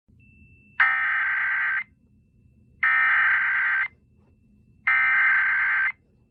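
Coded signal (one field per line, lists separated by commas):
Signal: Emergency Alert System (SAME) tones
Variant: header bursts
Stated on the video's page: Fictional EAS scenario about a 450 mph tornado, not a real alert.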